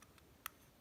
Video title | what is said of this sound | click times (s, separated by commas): Intake RTA by Mike Vapes and Augvape | when you screw in your deck in you have to wait for a little click as you put it in there | 0.5 s